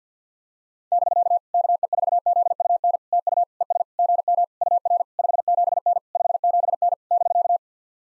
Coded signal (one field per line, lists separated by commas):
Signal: Morse code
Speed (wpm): 50 wpm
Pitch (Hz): 700 Hz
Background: none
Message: <BK> KE4ZUN TU ES GM UR 57N 57N <BK>